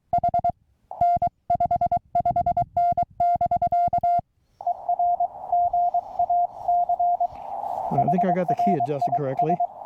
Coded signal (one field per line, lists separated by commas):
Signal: Morse code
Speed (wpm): 23 wpm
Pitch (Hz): 700 Hz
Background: speech, music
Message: H N 55N <BK> ER GA CHRIS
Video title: Testing the QCX Mini For SOTA